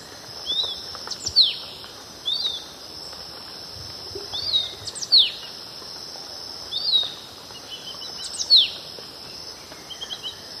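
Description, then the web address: Golden-bellied euphonia song: short, thin downslurred notes, given singly or in pairs at short intervals, over a steady high insect drone. Eastern lowlands of South America. "Natures Songs S America Eastern Lowlands Euphonia chrysopasta, song"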